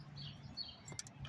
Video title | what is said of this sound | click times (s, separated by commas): Dodge Challenger/Charger 2011-2023 Knock Sensor Wiring Harness Installed | You hear that click? | 1.0 s